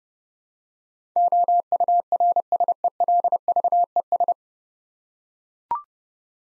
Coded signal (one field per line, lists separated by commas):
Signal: Morse code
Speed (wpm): 30 wpm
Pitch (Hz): 700 Hz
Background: none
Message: OURSELVES